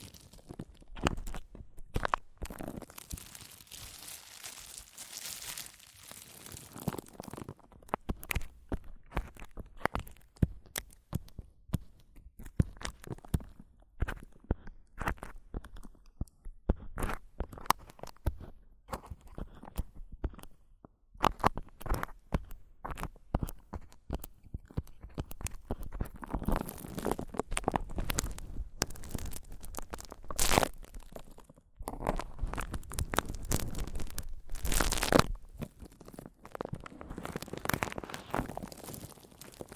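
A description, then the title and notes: Microphone tapping and scratching: a rapid, uneven stream of sharp taps and crunchy scrapes with little rest between them. Denser rasping stretches come near the start, around 26 to 30 seconds, and in a loud burst near 35 seconds. ASMR Mic Tapping and Scratching (No Talking).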